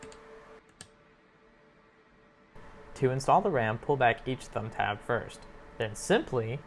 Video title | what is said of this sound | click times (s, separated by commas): Our 1080p Gaming and 720p Twitch Streaming Rig | lock the retention arm back into place, and we're done. | 0.8 s